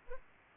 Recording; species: mosquito wingbeat signal from an infrared sensor; Culex pipiens